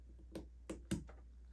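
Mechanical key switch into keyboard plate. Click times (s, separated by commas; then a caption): 0.9 s. A mechanical key switch is pressed into the metal mounting plate cutout of a sikakeyb SK1 Castle custom mechanical keyboard. Short sharp clicks are heard at about 0.4 and 0.7 seconds, then the loudest crisp snap at 0.9 seconds as the switch seats, followed by a faint tick near 1.1 seconds. The switch sits firmly in the plate with no wobble.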